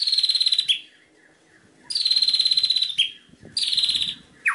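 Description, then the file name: White-rumped shama giving long, buzzy, rapidly pulsed trills ending in a quick downslur, repeated a few times. Master song recording used for training captive birds. "suara masteran murai batu"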